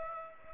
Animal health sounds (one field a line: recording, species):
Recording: mosquito wingbeat signal from an infrared sensor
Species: Aedes aegypti